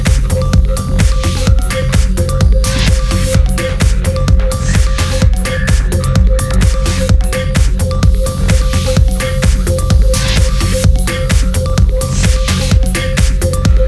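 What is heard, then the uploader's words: Dense, busy sound in a garden, with a steady tone humming underneath throughout. Rapid clicking and rustling fill the whole clip at an even level, with a faint higher whine and no clear voices or pauses. Record in a garden.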